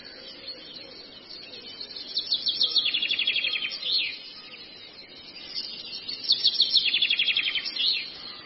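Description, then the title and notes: Long-tailed shrike song: two bursts of rapid, scratchy, high chattering notes separated by a quiet pause, over steady background hiss. Recording made as masteran training audio for songbirds. "Masteran Burung Cendet"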